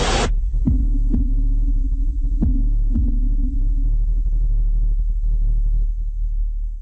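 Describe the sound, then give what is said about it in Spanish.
A deep, throbbing heartbeat sound effect in a station ident for La Radio del Sur, Caracas, thuds at an uneven pace over a steady low hum, with a sharp burst at the start and the beats fading out toward the end. No voices. “La Radio del Sur, La Gran Caracas, Vargas, 98.7, Miranda, 107.1, Guarenas, Guatire, y en Caracas, 98.5, suenan los latidos de la patria grande.”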